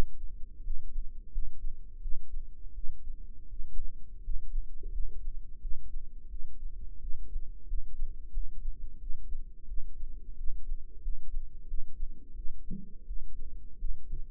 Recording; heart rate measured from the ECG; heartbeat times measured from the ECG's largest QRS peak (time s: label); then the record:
heart sounds by microphone in the right ear; 87 bpm
0.62 s: heartbeat
1.31 s: heartbeat
2.00 s: heartbeat
2.73 s: heartbeat
3.48 s: heartbeat
4.22 s: heartbeat
4.91 s: heartbeat
5.59 s: heartbeat
6.28 s: heartbeat
6.99 s: heartbeat
7.66 s: heartbeat
8.31 s: heartbeat
8.98 s: heartbeat
9.66 s: heartbeat
10.35 s: heartbeat
11.00 s: heartbeat
11.66 s: heartbeat
12.34 s: heartbeat
13.05 s: heartbeat
13.77 s: heartbeat
From the record:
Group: healthy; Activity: rest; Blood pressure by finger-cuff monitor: 130/92 mmHg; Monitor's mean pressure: 104 mmHg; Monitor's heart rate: 86 bpm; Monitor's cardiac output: 6.1 L/min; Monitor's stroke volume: 71 mL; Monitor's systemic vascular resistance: 1260 dyn s/cm5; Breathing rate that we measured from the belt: 18 breaths a minute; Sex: male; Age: 21 years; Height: 180 cm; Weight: 67.5 kg